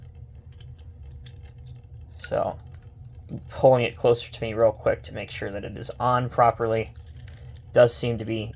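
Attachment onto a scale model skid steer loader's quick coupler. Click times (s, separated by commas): 1.3 s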